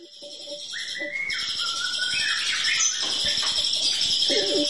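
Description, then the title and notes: Bird song of bright chirps and short whistled phrases overlapping at high pitch over a steady noisy background. "Kicau Burung Lengkap"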